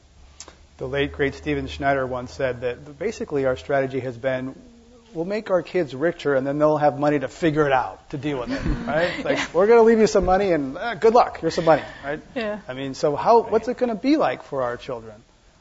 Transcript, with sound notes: The late great Stephen Schneider once said that basically our strategy has been "we'll make our kids richer and then they'll have money to figure it out to deal with it." Right? [Laughter] Like, "We're gonna leave you some money and good luck. Here's some money." Right?
Yeah.
I mean, so how -- what's it gonna be like for our children?